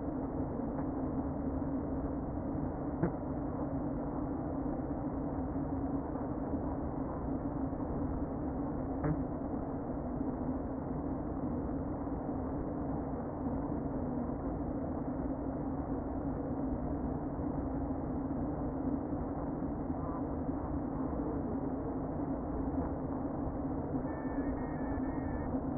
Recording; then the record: honeybee colony, microphone inside the hive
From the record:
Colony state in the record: queen present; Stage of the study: before two queens were removed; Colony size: about 60,000 bees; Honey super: yes